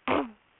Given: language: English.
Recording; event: throat vibration sensor signal played as sound; throat clearing